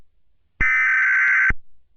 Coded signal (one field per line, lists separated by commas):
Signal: Emergency Alert System (SAME) tones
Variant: header bursts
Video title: EAS Scenario: Mobius City Metal Virus Part 2